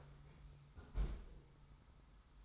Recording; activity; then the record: daily activity, microphone in the room; close fridge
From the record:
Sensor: 3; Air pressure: 990.9 hPa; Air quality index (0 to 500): 123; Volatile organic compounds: 109 ppm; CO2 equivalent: 3815 ppm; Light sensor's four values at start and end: 29/69/28/26 and 29/69/28/26